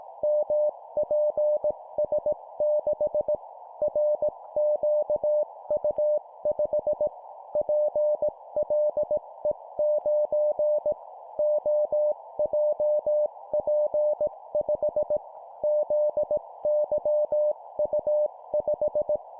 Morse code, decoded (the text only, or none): MPS6 RQU5 PLE9 OJP5 ZYU5